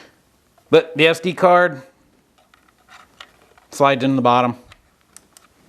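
An SD memory card is handled at the card slot on the bottom of a small plastic trail camera while someone talks. Faint, short ticks and clicks of handling are heard between and after the speech. Nothing has seated or clicked yet, and the clip ends before the card locks into place.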